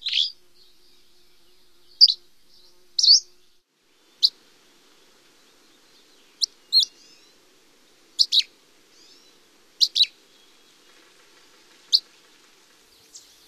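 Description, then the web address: Dusky flycatcher giving brief sharp high call notes, spaced irregularly every one to two seconds, some doubled, with faint soft chips in between. "Songs of Birds of North America Stokes. Dusky Flycatcher"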